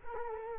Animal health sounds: mosquito wingbeat signal from an infrared sensor; Culex quinquefasciatus

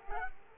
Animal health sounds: mosquito wingbeat signal from an infrared sensor; Culex quinquefasciatus

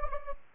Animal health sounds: mosquito wingbeat signal from an infrared sensor; Anopheles gambiae

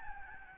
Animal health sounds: mosquito wingbeat signal from an infrared sensor; Aedes albopictus

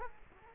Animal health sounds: mosquito wingbeat signal from an infrared sensor; Culex quinquefasciatus

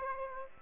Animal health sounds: mosquito wingbeat signal from an infrared sensor; Aedes aegypti

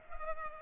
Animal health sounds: mosquito wingbeat signal from an infrared sensor; Culex pipiens

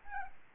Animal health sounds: mosquito wingbeat signal from an infrared sensor; Aedes albopictus

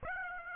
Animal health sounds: mosquito wingbeat signal from an infrared sensor; Aedes aegypti

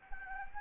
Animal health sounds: mosquito wingbeat signal from an infrared sensor; Anopheles gambiae

